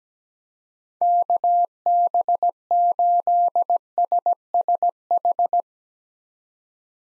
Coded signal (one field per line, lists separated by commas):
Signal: Morse code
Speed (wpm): 17 wpm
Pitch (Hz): 700 Hz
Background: none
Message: KB8SSH